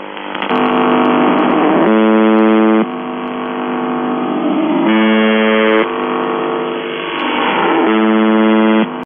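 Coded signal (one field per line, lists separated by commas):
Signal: numbers station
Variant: UVB-76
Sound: three harsh low buzzes, each about one second, separated by hissy static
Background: radio static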